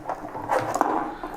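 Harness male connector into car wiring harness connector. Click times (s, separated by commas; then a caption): 0.8 s. The male end of a harness connector is pushed, logo side up, into a car's pedal cable wiring connector, and it clicks in at 0.8 s and again at 0.8 s. Against a low background, short sharp clicks sound, and the connector is seated, the click marking that the connection is made.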